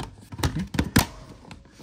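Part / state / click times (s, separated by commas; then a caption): hose connector into window panel / seated / 1.0 s. The hose connector of a Hisense portable air conditioner is pushed toward the window panel, so the tube isn't stretched, and snaps into it. A few light knocks and rattles lead up to a sharp click at 1.0 s, with fainter taps afterward. The connector is seated and locked in place.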